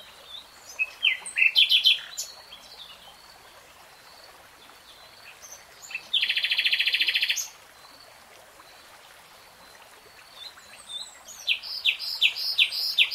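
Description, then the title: Nightingale song: varied phrases with sharp notes, a dense buzzing rattle held over a second, and a closing series of repeated chirps. Singing; three-hour real-time recording. "[Tiếng chim hót] 3 Hours REALTIME Nightingale Singing"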